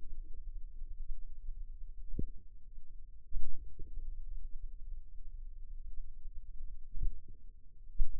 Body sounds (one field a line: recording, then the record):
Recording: forearm muscle sounds (acoustic myography)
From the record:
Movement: finger pinch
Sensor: system 2, bracelet of six BSWA MPA416 microphones around the upper forearm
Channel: 1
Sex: female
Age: 23 years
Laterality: right